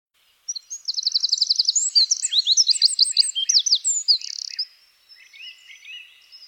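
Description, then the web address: Eurasian wren song bursts out after half a second with a rapid, even trill, then a string of sharp high chirps lasting about four seconds before faint notes trail off. "SETE Troglodytes troglodytes"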